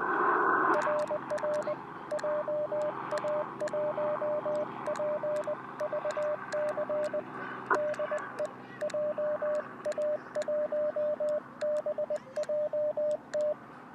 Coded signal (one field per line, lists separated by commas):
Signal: Morse code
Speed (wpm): 20 wpm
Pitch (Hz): 600 Hz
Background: radio noise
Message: RR JA1PVC DE JA1BJT